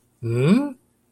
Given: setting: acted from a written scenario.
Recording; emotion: vocal sound without words; confusion